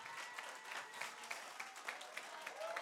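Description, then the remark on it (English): Steady applause from an audience for the volunteers, a dense wash of many hands clapping at an even level for a few seconds, with scattered sharper claps standing out. “So in particular, can we just give a huge round of applause?”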